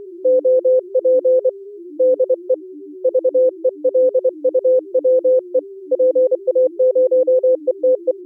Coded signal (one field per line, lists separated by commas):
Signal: Morse code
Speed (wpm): 23 wpm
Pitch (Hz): 510 Hz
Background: music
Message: OP DE VELUWE PA0ETE